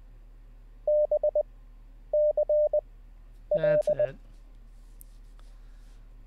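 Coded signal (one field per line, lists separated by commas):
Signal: Morse code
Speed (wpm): 20 wpm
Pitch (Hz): 600 Hz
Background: none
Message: BCL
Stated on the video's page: Morse code practice during a live-streamed daily learning session.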